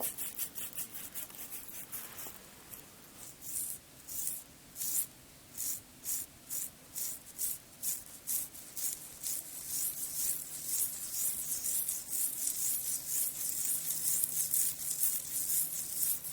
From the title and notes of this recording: TimASMR-Layered Skin Care Sounds (Cleansing, Scrubbing, Tapping, Face Touching, No Talking).